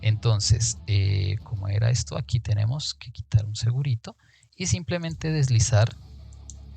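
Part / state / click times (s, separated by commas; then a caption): game controller onto strap accessory rail / seated / 6.5 s. Someone talks while a small safety lock is taken off and a Joy-Con controller is slid onto the rail of its plastic strap accessory. A sharp click at 6.5 s marks the controller seating into place.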